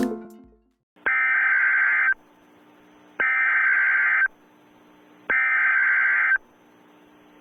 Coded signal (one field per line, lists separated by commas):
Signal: Emergency Alert System (SAME) tones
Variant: header bursts